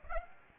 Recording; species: mosquito wingbeat signal from an infrared sensor; Aedes aegypti